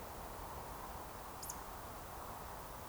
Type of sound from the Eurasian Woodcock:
whistle